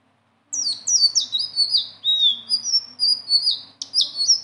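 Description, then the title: Leafbird song: rapid run of high, sweet, down-slurred whistled notes, tumbling continuously over about four seconds after a brief silence. Singing actively with a rolling song and varied fill-ins. "BURUNG SELENDANG BIRU GACOR NGEROLL ISIAN"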